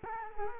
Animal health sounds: mosquito wingbeat signal from an infrared sensor; Culex quinquefasciatus

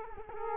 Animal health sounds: mosquito wingbeat signal from an infrared sensor; Culex quinquefasciatus

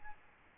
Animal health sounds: mosquito wingbeat signal from an infrared sensor; Aedes albopictus

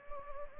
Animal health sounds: mosquito wingbeat signal from an infrared sensor; Anopheles gambiae

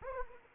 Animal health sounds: mosquito wingbeat signal from an infrared sensor; Anopheles arabiensis

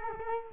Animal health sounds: mosquito wingbeat signal from an infrared sensor; Culex quinquefasciatus

